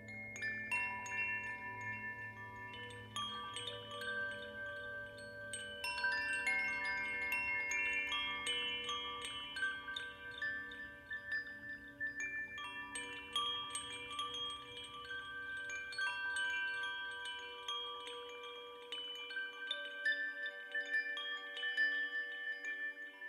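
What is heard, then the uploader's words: Singing bowls ring in long, sustained tones, with many bright chime-like strikes layered over one another throughout. A low hum sits underneath for the first few seconds, then fades. New metallic tones keep entering every second or two, and the overall level stays fairly even. Singing Bowl Sound Therapy.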